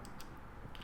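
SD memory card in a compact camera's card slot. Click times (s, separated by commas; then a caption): 0.8 s. An SD card is pressed into the battery/card compartment of a Canon PowerShot SX730 HS compact camera, so its spring latch releases and the plastic card pops out. A short, sharp click is heard at 0.8 s, and the card is released from the slot.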